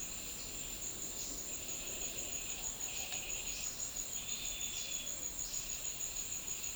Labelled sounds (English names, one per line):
none